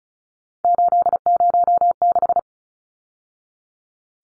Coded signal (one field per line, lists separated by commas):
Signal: Morse code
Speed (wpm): 34 wpm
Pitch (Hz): 700 Hz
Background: none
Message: 806